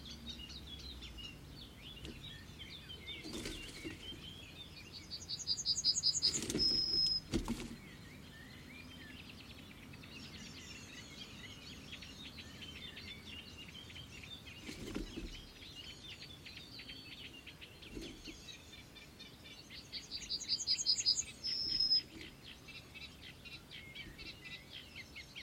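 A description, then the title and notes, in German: Ordinary birds sing over a steady outdoor hiss, with two brighter bursts of chirping near six and twenty-one seconds and occasional thumps. Danach kamen die üblichen Vögel.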